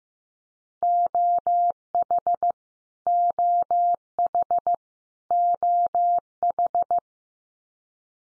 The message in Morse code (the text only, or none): OH OH OH